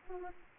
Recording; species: mosquito wingbeat signal from an infrared sensor; Anopheles arabiensis